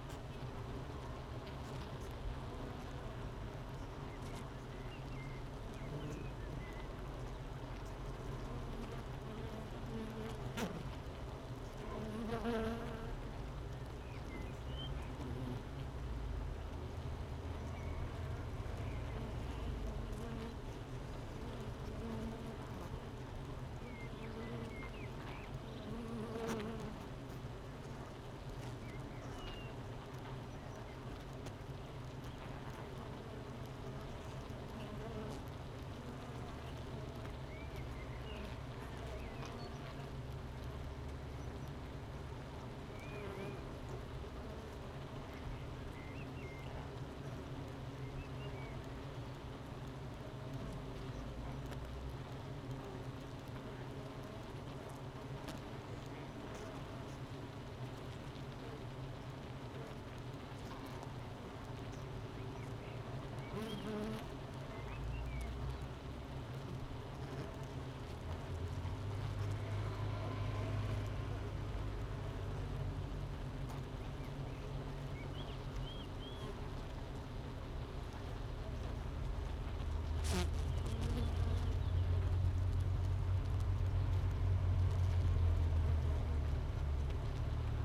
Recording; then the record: honeybee colony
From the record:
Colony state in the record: missing queen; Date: 31 May 2018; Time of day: 9:33